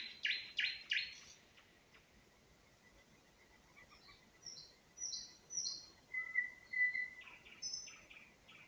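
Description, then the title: Nightingale song opening with harsh, buzzy rattling notes, then a sequence of high whistles and sliding notes, all over a steady faint hiss. Singing in spring near Huncha, Vinnytsia Oblast, Ukraine, by an unnamed road. "Unnamed Road, Гунча, Вінницька область, Україна, 23724-Spring, nightingale singing"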